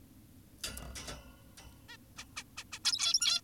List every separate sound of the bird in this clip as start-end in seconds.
1.89-1.97, 2.18-2.25, 2.37-2.44, 2.58-2.64, 2.72-2.79, 2.85-3.41